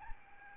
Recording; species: mosquito wingbeat signal from an infrared sensor; Aedes albopictus